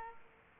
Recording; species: mosquito wingbeat signal from an infrared sensor; Aedes aegypti